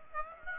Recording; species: mosquito wingbeat signal from an infrared sensor; Aedes aegypti